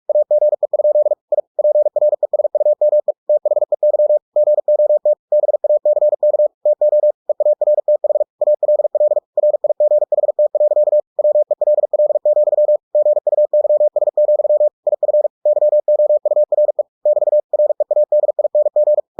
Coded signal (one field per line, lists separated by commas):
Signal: Morse code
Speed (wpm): 46 wpm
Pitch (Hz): 600 Hz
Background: none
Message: AGE? I PRESUME THEY GOT BACK TO EARTH ALL RIGHT. WELL, GUYS, IF YOURE <BT> READING